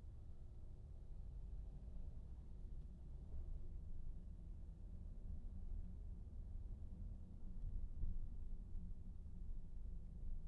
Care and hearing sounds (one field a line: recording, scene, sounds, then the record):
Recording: everyday scene through a hearing-aid microphone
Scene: in a vehicle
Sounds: engine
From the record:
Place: VW T5 Caravelle, diesel engine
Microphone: behind the ear, right, front